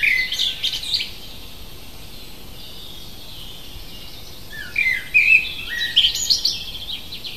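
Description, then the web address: Bird song in two bursts of high, chirpy, twittering notes, one at the start and a longer run after a pause of about four seconds, over a soft steady background hiss. Native bird at a hedge in May. "oeko hecke vogel mai vogel heimisch"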